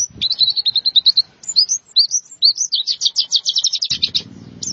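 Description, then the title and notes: White-eye singing a fast, high, chattering warble of short sweeping notes, ending in a dense burst of rapid trills, with a low hum near the end. "Suara kicauan burung pleci"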